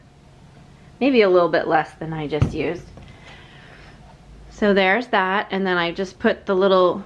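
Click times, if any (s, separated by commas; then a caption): none. Someone talks while handling a plastic safety eye and its little plastic backing, with a dollop of glue applied, about to push the backing onto the eye's shank through the stuffed toy's fabric. Only speech and faint handling noise are heard; the backing has not snapped into place yet, and nothing has seated or clicked.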